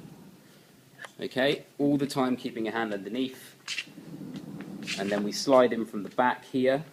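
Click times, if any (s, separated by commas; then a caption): none. A camera, held by its handle with a hand kept underneath, is being brought to the tripod head so its mounting plate can slide into the quick-release from the back, while someone talks throughout. A few faint knocks of handling come through under the voice, but the clip ends before the plate latches, and nothing has seated or clicked yet.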